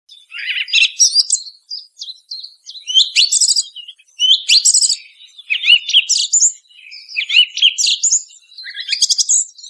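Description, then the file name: Thrush singing a run of varied, high twittering phrases with trills and chirps in quick succession. Recorded in Norway. "Tordo norw"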